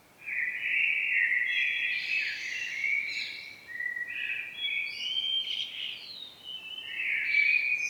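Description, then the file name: Common blackbird song: an almost unbroken warbled stream of mid-pitched notes, stepping up and down, with short higher flourishes scattered through it. "Turdus merula"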